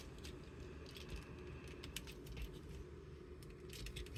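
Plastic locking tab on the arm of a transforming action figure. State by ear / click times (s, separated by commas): not seated / none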